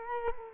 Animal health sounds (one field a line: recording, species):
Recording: mosquito wingbeat signal from an infrared sensor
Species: Culex quinquefasciatus